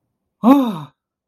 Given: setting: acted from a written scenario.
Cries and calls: vocal sound without words; fear

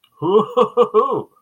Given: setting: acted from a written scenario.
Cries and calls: vocal sound without words; elation

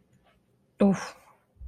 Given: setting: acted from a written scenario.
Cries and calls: vocal sound without words; desire

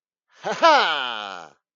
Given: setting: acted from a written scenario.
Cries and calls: vocal sound without words; pride

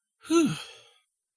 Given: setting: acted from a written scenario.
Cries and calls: vocal sound without words; relief

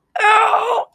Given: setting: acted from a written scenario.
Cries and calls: vocal sound without words; pain

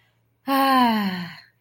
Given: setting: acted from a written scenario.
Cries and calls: vocal sound without words; pride

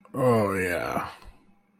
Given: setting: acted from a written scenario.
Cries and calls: vocal sound without words; desire

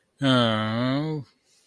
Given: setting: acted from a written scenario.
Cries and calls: vocal sound without words; distress

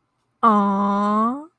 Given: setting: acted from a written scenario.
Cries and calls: vocal sound without words; adoration

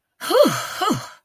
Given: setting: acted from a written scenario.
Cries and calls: vocal sound without words; relief

